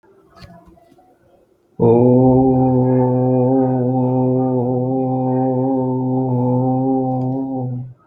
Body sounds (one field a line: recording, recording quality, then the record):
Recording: sustained vowel as in boot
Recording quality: excellent, no background noise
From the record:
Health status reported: healthy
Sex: male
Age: 30 years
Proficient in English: yes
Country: India